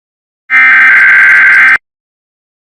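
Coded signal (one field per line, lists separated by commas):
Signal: Emergency Alert System (SAME) tones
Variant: header bursts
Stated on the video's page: Simulated EAS scenario.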